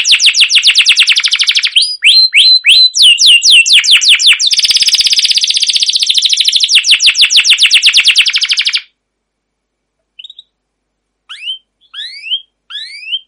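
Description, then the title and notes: Canary singing long fast rolling trills and sweeping chirps for about nine seconds, followed by near silence with a few scattered rising notes. Used as a lure (pancingan) for other canaries; song described as chirping 'cuit cuit', rolling (ngerol) and long-running (gacor panjang). "CUIT CUIT NGEROL LANGSUNG GACOR PANJANG Kenari Ini AMPUH Utk Pancingan KENAR. burung kenari"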